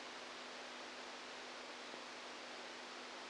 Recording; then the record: brain microelectrode recording played as sound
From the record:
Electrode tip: outside the subthalamic nucleus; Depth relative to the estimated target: -6 mm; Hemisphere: right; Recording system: NeuroSet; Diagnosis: Parkinson's disease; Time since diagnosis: 8 years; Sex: male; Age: 46 years